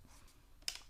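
A Traxxas Aton 2-axis camera gimbal is released from the drone body by pressing the release tab in and pushing the gimbal forward. A sharp click at 0.7 s marks it coming off its latches, followed by a few faint ticks, and the gimbal pops free.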